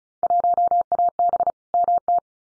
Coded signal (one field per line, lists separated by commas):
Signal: Morse code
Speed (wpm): 36 wpm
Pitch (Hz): 700 Hz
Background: none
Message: 1AB MT